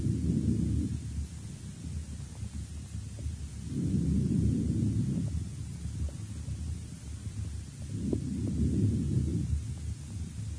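Three soft, low breath cycles, about 15 a minute, heard below the left shoulder blade: normal vesicular breathing on the healthy side, opposite the affected lobe, in an adult with lobar pneumonia of the right lower lobe in its initial stage.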